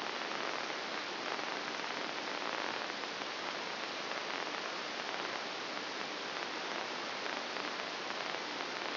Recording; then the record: brain microelectrode recording played as sound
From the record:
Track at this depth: inside the subthalamic nucleus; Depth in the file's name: 3.366 mm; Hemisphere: left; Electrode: 2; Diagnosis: Parkinson's disease